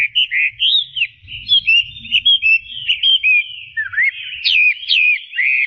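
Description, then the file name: Chinese hwamei song, a rich run of loud whistled phrases with varied slurred notes and quick rising and falling trills, with faint low rumble beneath. "audio-kicauan-burung-hwamei omkicau"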